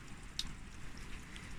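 The wiring harness connector is pushed into the single socket on a K-DATA programmable engine control unit being installed on an E30. A short, sharp plastic click at 0.4 s stands out among quieter handling noises, and the connector is seated.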